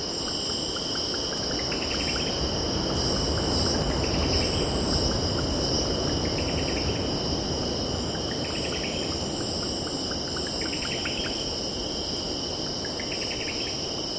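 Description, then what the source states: Cicadas give a continuous high buzz with pulsed bursts every few seconds, thin bird calls, and a constant low rumbling background roar. Cicadas stridulating with birds calling and distant ocean in background.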